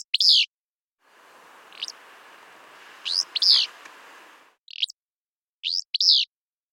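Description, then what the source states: Willow flycatcher gives quick buzzy, sharp phrases, some in dead silence and others over a steady low hiss that comes and goes. Willow flycatcher song clips, each cleaned version immediately followed by its original unprocessed recording, in rapid A-B comparison showing noise removal.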